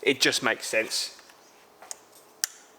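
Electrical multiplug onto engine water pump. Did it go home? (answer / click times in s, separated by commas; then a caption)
yes / 2.4 s. Someone talks, then an electrical multiplug connector is pushed back onto the new electronic water pump of a 2017 Audi A5 2.0 litre TDI diesel engine during a cambelt replacement. Faint handling noises at about 1.8 s and 1.9 s lead to a sharp click at 2.4 s as the connector seats into place.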